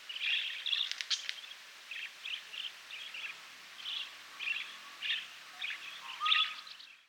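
Budgerigar chirps, short high twittering notes in scattered bursts over a steady background hiss.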